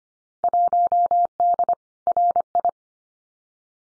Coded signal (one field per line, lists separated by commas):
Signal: Morse code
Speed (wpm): 25 wpm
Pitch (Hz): 700 Hz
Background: none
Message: 1D RI